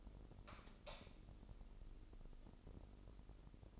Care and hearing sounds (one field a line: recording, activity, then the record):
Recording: daily activity, microphone in the room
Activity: light on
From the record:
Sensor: 5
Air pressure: 995.4 hPa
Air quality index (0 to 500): 88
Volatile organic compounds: 4 ppm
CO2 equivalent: 1642 ppm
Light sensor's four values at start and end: 35/81/33/33 and 36/86/35/35